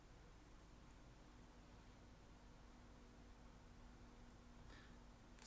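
An old-style plastic LEGO Technic friction pin is pushed into a toy beam hole over a steady low hum and faint background noise. Its split end expands into the groove and seats with a short, sharp click at 5.4 s, unlike the newer pins, which do not click.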